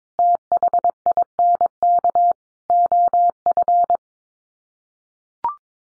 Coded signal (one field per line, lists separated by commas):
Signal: Morse code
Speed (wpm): 22 wpm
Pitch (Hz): 700 Hz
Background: none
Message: THINK OF